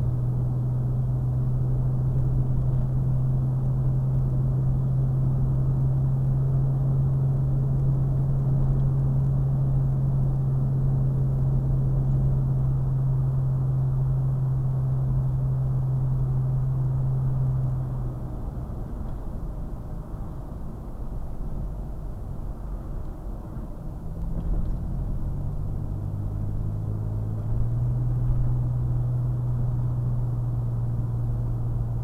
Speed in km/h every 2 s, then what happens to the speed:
68, 71, 72, 72, 72, 72, 71, 71, 69, 64, 63, 61, 60, 63, 63, 63.
0-15 steady at about 71. 15-21 slows to 61. 21-32 steady at about 63.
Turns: 18-26.